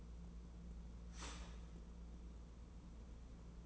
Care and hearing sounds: daily activity, microphone in the room; start toaster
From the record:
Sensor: 1

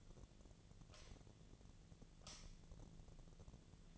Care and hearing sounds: daily activity, microphone in the room; light on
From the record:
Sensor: 4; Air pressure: 1010.6 hPa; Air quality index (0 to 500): 170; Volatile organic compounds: 5 ppm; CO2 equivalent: 1729 ppm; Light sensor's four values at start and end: 37/108/43/44 and 38/109/43/44

